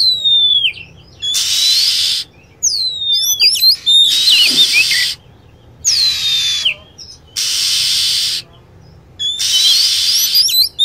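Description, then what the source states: Lovebird calls, squeaky chirps with sharp downward sweeps, scattered between blocks of loud hiss. Lure sound used for attracting lovebirds.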